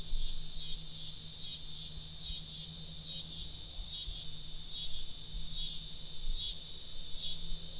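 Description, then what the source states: Coastal scissor grinder cicada song: a steady, high shrill buzz pulsing in rhythmic dips, a grinding throb repeated a little more than once a second. Cicada of the Lower Susquehanna River Watershed.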